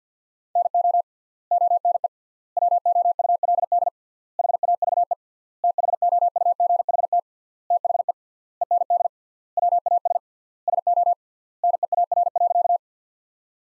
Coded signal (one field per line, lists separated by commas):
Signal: Morse code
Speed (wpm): 50 wpm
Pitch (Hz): 700 Hz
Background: none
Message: NO ONE WOULD HAVE THOUGHT THE END WAS SO NEAR.